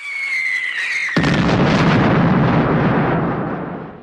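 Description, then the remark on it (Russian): A high whistling tone glides slightly downward for about a second, then a loud artillery shell explodes overhead, its deep roar rumbling on for several seconds before slowly fading. “Над нами вырос шар взрыва, из которого с дымовым следом вылетело обугленное тело.”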